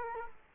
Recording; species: mosquito wingbeat signal from an infrared sensor; Culex quinquefasciatus